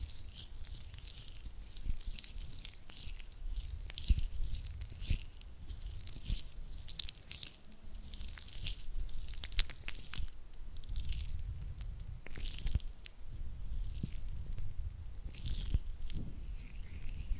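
Oily hand and fluttering finger sounds: dense, continuous wet crackles and squishes with sharp sticky clicks, plus a steady low rumble underneath.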